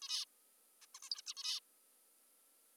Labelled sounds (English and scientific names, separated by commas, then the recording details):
Zebra Finch (Taeniopygia guttata)
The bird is an adult
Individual g19o3U